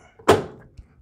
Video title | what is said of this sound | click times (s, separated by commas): Magic Chef 2.0 cubic foot Portable Washer | nice satisfying click | 0.3 s